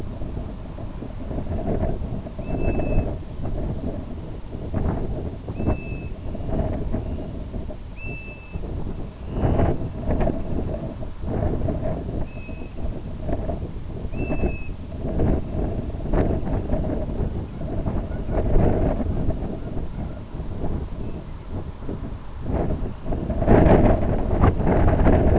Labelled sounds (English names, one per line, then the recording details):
Grey Plover
Dunlin
unidentified sound
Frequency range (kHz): Grey Plover 1.6-5.9 kHz; Dunlin 2.0-3.8 kHz
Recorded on Arctic tundra, site IGLO-B, on 27 June 2018
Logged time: 03:59